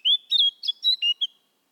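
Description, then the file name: Eurasian blackcap giving a short loud phrase of pure, fluty whistled notes, about six in quick succession, then silence. "Sylvia atricapilla"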